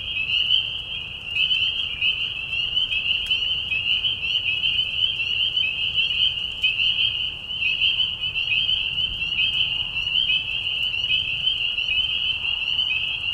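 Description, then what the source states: Dense chorus of spring peepers, high whistled peeps merging into an unbroken ringing wash, a few brief ticks standing out over it. Mating call chorus in a marsh at night during a short spring season, Tiny Marsh Conservation Area, Tiny, Ontario; high whistles at low volume.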